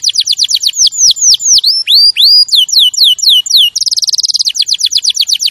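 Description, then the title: Canary delivering a series of clear down-slurred whistles, a short fast roll, then more sweeping whistled notes. Champion canary song used as a master recording for training other birds to sing. "Masteran Kenari Juara"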